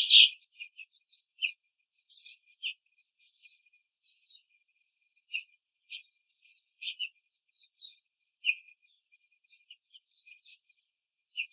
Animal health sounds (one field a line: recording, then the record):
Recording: young laying hens in a cage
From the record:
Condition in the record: control cage, before the stress test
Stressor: none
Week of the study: 4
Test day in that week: 1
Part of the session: 4